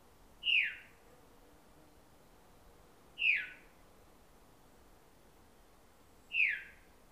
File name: Veery - Catharus fuscescens